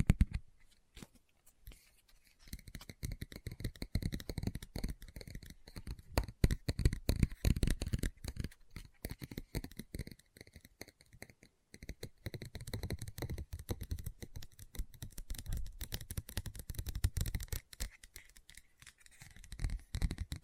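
Tapping and scratching on a book, dense crackly clicks running almost continuously, with brief pauses near two and twelve seconds.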